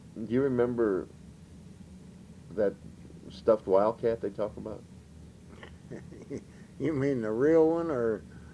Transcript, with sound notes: Do you remember that stuffed wildcat they talk about? (laughs)
Do you mean the real one or